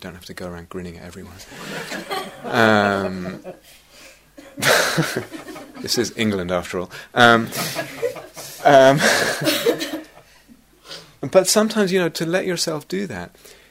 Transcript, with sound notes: you don't have to go around grinning at everyone. [laughter] This is England, after all. [laughter] But sometimes, you know, to let yourself do that.